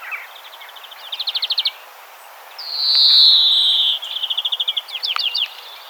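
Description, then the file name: European greenfinch with fast rattling trills of repeated notes, then a long, drawn-out nasal wheeze sliding slightly downward, followed by more quick trills and twittered notes. "Chloris chloris"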